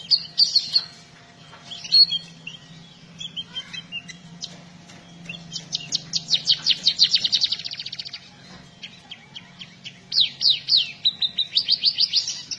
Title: Erythrura Psittacea